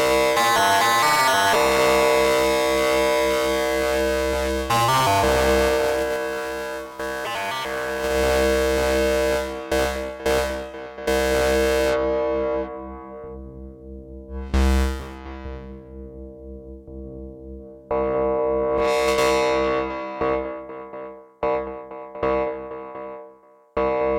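Synthesizer tones from oscillators, filters and ring modulation shift and warble over a steady low drone, with bright buzzy bursts sweeping up and down. Around the middle it thins to sparse blips and sudden cut-offs, with sharp bright flares near 15 and 19 seconds.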